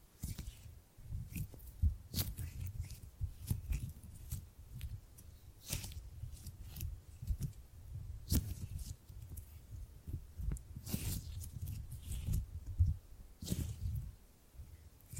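Gripping and grabbing sounds: a steady low thumping rumble runs throughout, overlaid with frequent sharp rustling bursts. The crisp bursts come irregularly, about once or twice a second, with louder ones near 2, 6, 8, 11 and 14 seconds.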